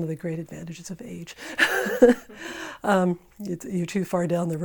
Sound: laughter